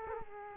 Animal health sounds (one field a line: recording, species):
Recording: mosquito wingbeat signal from an infrared sensor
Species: Culex quinquefasciatus